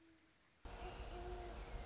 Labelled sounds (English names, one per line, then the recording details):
Great Horned Owl
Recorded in Sonoma County, California